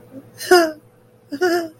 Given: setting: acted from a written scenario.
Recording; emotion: vocal sound without words; sadness